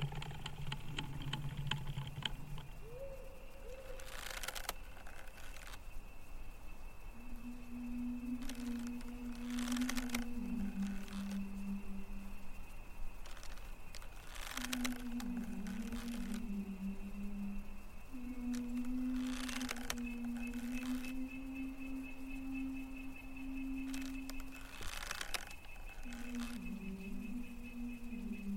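A female ghostly voice sings a slow, wavering lullaby, long sustained notes that slide and dip in pitch, returning in phrases every few seconds. Short bright bursts punctuate the singing, and a steady thin tone runs beneath the whole thing, with a low hum at the start.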